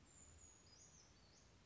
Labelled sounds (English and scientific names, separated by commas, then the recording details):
Brown Creeper (Certhia americana)
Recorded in Sonoma County, California